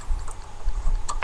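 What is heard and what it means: A second RAM module is handled, aligned and slid down toward its DIMM slot on a motherboard, with low rumbling background noise and light handling sounds, including a faint tap at 0.3 s and a sharper brief tick at 1.2 s. Nothing has seated or clicked into place yet.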